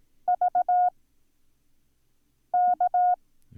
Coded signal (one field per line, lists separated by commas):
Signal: Morse code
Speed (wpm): 18 wpm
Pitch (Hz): 720 Hz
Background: none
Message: VK